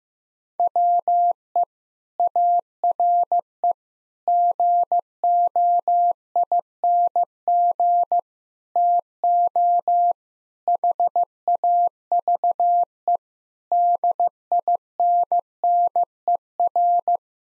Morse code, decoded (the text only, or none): WE ARE GOING TO HAVE DINNER